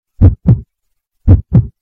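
An adult heartbeat.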